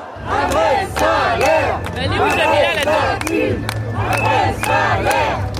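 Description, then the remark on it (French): A crowd of protesting teachers in the street in France cheering and shouting, many voices overlapping into loud, rising and falling cries that continue without a break over a low steady rumble. “Selfie, encouragement, les manifestants vont spontanément à la rencontre des députés dans la foule, plus de militants acquis à leur cause que de contradicteurs.”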